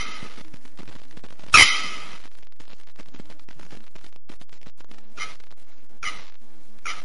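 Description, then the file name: Bearded bellbird song: one loud explosive metallic clang followed by three softer, shorter clangs, with scratchy rustling background noise throughout. "Canto da araponga do nordeste"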